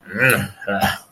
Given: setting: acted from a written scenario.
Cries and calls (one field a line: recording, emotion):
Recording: vocal sound without words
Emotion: disgust